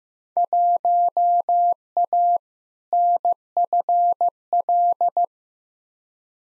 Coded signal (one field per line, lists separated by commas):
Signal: Morse code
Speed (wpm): 16 wpm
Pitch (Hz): 700 Hz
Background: none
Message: 1A NFL